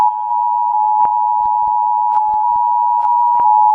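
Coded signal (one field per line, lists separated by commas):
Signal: Emergency Alert System (SAME) tones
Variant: 853 and 960 Hz attention tone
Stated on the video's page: EAS alarm played in reverse.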